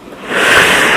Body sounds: coughing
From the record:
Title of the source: 31 night wet cough

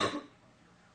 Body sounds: coughing mixed with background sound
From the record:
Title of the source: female coughing - coughing sound effects girl

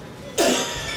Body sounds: coughing mixed with background sound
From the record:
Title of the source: Residual Phlegmy Morning Coughing and Gagging

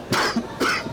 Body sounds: coughing mixed with background sound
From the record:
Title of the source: Coughing 60

